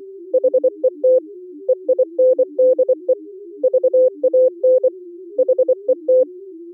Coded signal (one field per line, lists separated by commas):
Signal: Morse code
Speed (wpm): 15 wpm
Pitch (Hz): 510 Hz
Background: music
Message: HET EINDE VAN HET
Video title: Daily Minutes, November 26, 2015, with low level Contestia data.